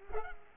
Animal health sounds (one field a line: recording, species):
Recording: mosquito wingbeat signal from an infrared sensor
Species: Culex pipiens